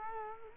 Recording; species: mosquito wingbeat signal from an infrared sensor; Culex quinquefasciatus